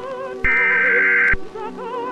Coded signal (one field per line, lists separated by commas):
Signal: Emergency Alert System (SAME) tones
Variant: header bursts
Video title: Enclave EAS (Custom EAS scenario)